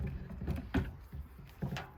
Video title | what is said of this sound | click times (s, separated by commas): Quick look at Client Expandacraft 16' Wide-glide Paddlecat. Kayak/Canoe/Single Pontoon alternative. | click on click off | 0.8 s, 1.8 s